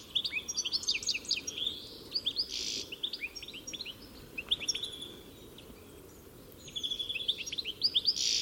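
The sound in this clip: Bird calls: dense runs of sharp, high chirps and slurred notes, pausing for a while and then resuming.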